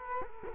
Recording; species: mosquito wingbeat signal from an infrared sensor; Culex quinquefasciatus